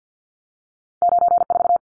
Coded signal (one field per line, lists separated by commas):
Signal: Morse code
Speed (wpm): 50 wpm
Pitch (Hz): 700 Hz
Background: none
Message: 94